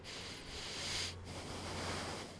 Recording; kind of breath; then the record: one breath in and out by a microphone near the nose and mouth; deep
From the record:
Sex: male